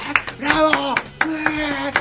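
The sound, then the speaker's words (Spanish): Steady, evenly spaced hand claps for the opening of the show Los Salvajes, about four per second, sharp and fairly loud, over a sustained voiced tone that sounds like someone singing or calling out. “Faltan esos aplausos. ¡Bravo!”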